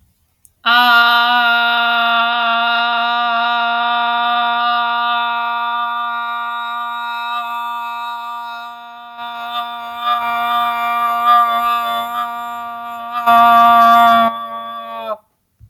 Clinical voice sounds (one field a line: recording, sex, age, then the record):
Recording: vowel held as long as possible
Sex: female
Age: 30 to 39 years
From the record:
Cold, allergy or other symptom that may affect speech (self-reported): no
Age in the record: 30 years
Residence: Kansas, United States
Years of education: 16